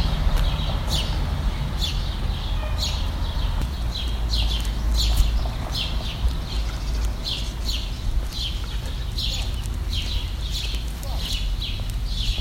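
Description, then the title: Bird chirps, sharp high notes repeated steadily over a loud low rumble. "Birds Chirping Meditation"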